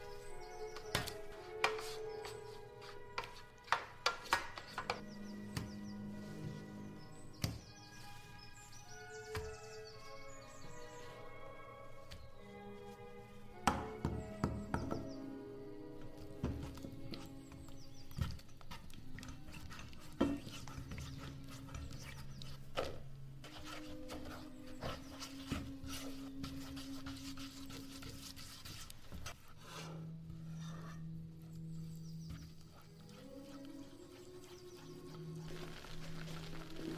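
Old-time music plays steadily with sustained low and mid tones, while sharp clicks and clatters of kitchen work punctuate it, busiest around 2–8 and 14 seconds.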